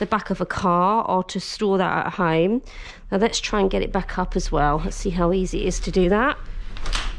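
Someone talks while a folded Hauck pushchair is being opened back up, with brief handling knocks near the end. The pushchair's folding frame lock has not clicked into place yet; nothing has seated.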